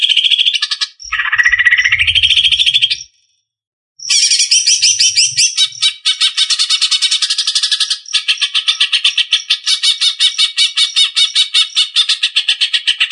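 Leafbird song: loud, rapid stream of buzzy, chattering trills, pausing briefly, with low thumps early on.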